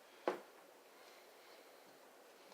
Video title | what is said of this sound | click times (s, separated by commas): DASH CAM CONVERSION - From Car To Kayak - #bassfishing #fishing | it actually goes right on and it does screw in lock into place so | 0.3 s